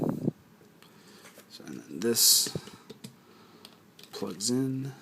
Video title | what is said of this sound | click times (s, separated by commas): Custom Sentai Power Rangers Shinken-Oh Candy Toy part 2 | and then these fold back into the side lock into place | 0.0 s